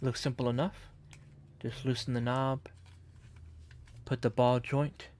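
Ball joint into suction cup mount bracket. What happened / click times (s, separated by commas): Handled, not yet home: no seating snap is heard / none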